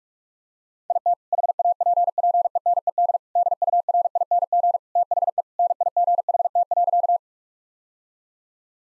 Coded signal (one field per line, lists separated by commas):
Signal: Morse code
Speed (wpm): 42 wpm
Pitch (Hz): 700 Hz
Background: none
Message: IT HAPPENED DURING THE NIGHT.